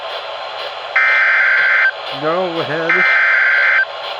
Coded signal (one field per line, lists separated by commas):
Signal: Emergency Alert System (SAME) tones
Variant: header bursts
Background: speech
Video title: THAT'S AMBER Alert OR SEVERES... EAS Alerts from 7/25/25 (EAS#4,423 - 4,444)